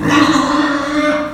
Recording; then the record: squeal of a Yucatan mini pig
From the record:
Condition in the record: after surgery on the right vocal fold (resection and tissue-engineered implant); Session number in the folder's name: 4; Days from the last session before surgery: 26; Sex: female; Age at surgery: 19 weeks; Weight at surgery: 25 kg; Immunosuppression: prednisolone